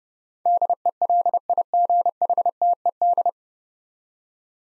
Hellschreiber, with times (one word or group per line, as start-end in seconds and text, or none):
none